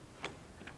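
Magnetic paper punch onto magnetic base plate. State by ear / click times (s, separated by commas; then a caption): seated / 0.2 s. An Alvin & Company Babies Breath Multi-Shaper magnetic craft punch is set over a sheet of paper on its magnetic base plate and snaps into place with a sharp click at 0.3 s. A second, quieter click follows at 0.7 s, and the punch is seated.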